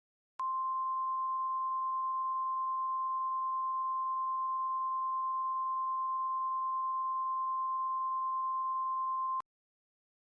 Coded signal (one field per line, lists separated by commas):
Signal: Emergency Alert System (SAME) tones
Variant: 1050 Hz attention tone